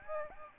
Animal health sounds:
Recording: mosquito wingbeat signal from an infrared sensor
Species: Aedes albopictus

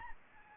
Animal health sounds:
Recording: mosquito wingbeat signal from an infrared sensor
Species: Anopheles arabiensis

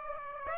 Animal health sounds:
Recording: mosquito wingbeat signal from an infrared sensor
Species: Aedes aegypti

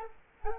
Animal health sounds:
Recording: mosquito wingbeat signal from an infrared sensor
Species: Culex quinquefasciatus

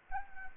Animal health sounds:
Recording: mosquito wingbeat signal from an infrared sensor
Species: Anopheles gambiae

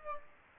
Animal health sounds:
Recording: mosquito wingbeat signal from an infrared sensor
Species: Aedes aegypti

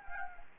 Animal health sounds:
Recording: mosquito wingbeat signal from an infrared sensor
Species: Anopheles gambiae

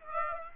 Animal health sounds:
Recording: mosquito wingbeat signal from an infrared sensor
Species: Aedes aegypti

